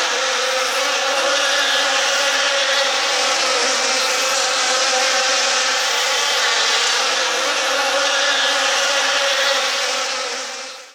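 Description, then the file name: Insect swarm, a dense steady buzzing drone with low humming tones, unbroken throughout and fading slightly at the very end. "Hollywood Sound Effects - Insects - Swarm Sound Effect"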